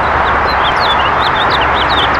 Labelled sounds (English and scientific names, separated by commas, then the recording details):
House Finch (Haemorhous mexicanus) song
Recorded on Long Island, New York, on 14 June 2012
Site CH
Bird A